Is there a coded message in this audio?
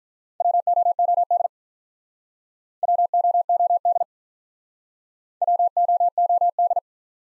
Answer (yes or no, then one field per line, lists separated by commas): yes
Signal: Morse code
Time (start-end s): 0.4-6.8 s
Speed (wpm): 46 wpm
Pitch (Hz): 700 Hz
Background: none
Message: WOOD WOOD WOOD